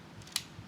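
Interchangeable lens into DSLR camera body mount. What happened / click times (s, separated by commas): The lens bayonet mount clicked locked / 0.4 s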